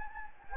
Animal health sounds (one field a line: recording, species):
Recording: mosquito wingbeat signal from an infrared sensor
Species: Anopheles gambiae